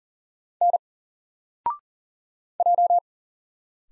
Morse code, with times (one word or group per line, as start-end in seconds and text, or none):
0.6-0.8 N
2.6-3.0 J